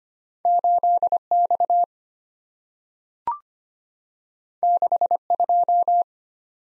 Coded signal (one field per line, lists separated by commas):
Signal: Morse code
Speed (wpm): 25 wpm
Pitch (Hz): 700 Hz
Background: none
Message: 8 X 6 2